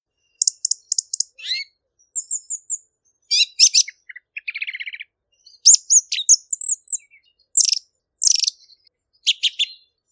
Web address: tordo. bottaccio